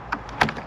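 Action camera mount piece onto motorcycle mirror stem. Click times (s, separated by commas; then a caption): 0.1 s, 0.4 s. A black plastic cylinder is slid over the mirror stem of a 2018 Goldwing motorcycle, then a plastic piece of a Goldstrike GoPro action camera mount is pushed on until it snaps home. Sharp plastic clicks sound at 0.1 s and 0.4 s, followed by fainter ticks, and the mount piece is seated in place.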